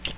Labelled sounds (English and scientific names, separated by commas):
Ovenbird (Seiurus aurocapilla) flight call